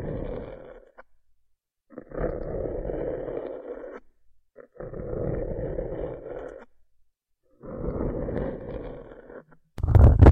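Ear picking and ear massage: muffled rubbing bursts of about two seconds each, starting around 2, 5 and 8 seconds, with a shorter one at the start. Each burst is a dense, low scratchy rumble, separated by near silence. A sharp, louder crackle ends the clip.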